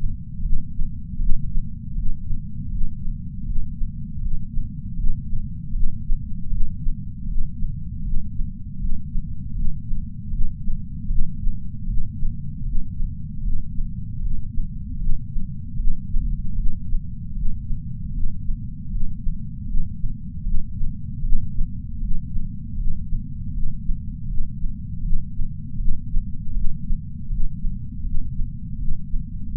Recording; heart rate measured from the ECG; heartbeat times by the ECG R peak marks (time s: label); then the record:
heart sounds by patch sensor on the chest; 78 bpm
0.42 s: heartbeat
1.18 s: heartbeat
1.94 s: heartbeat
2.70 s: heartbeat
3.45 s: heartbeat
4.20 s: heartbeat
4.96 s: heartbeat
5.72 s: heartbeat
6.49 s: heartbeat
7.27 s: heartbeat
8.03 s: heartbeat
8.78 s: heartbeat
9.54 s: heartbeat
10.30 s: heartbeat
11.07 s: heartbeat
11.86 s: heartbeat
12.64 s: heartbeat
13.42 s: heartbeat
14.20 s: heartbeat
14.98 s: heartbeat
15.76 s: heartbeat
16.55 s: heartbeat
17.34 s: heartbeat
18.12 s: heartbeat
18.89 s: heartbeat
19.66 s: heartbeat
20.43 s: heartbeat
21.21 s: heartbeat
22.00 s: heartbeat
22.76 s: heartbeat
23.52 s: heartbeat
24.27 s: heartbeat
25.02 s: heartbeat
25.77 s: heartbeat
26.53 s: heartbeat
27.29 s: heartbeat
28.03 s: heartbeat
28.77 s: heartbeat
29.51 s: heartbeat
From the record:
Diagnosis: coronary artery disease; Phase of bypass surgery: intraoperative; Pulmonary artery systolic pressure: 26 mmHg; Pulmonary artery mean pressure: 18 mmHg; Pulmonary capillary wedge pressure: 8 mmHg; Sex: female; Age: 52 years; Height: 163 cm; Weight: 80 kg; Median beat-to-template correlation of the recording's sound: 0.89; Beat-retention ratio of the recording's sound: 0.99